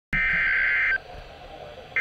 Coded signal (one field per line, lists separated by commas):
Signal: Emergency Alert System (SAME) tones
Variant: header bursts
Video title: Severe Thunderstorm Warning on WXK85 and KNAH #5 | 6/13/21 | EAS 308-309